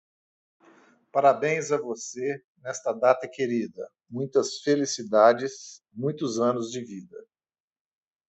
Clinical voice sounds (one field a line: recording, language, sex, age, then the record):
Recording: short text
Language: Brazilian Portuguese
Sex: male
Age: 60 to 69 years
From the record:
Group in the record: control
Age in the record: 63 years